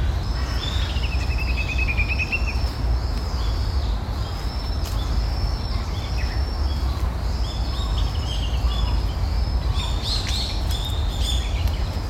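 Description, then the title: Small birds singing: a rapid trill early on, then thin high whistled notes and chirps repeating throughout, over a constant loud low background noise. Small birds singing, heard during a morning walk in a park. "公園の朝散歩より. さえずり"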